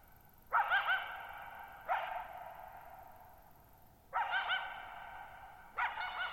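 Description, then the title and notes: Coyote calling in wavering yips and sharp barks, four bursts, each with a long echoing decay and quiet between. Lone coyote calling for nearly 50 minutes at night, July 14, 2019, Thirtymile Meadows, Okanogan National Forest, Okanogan High Country, Pacific Northwest, 6400 ft (1950 m); shallow bowl-shaped meadow on high, dry plateau. "Lone Coyote at Thirtymile Meadows. night of July 14, 2019, camped near Thirtymile Meadows in the Okanogan National Forest at 6400 ft (1950 m)"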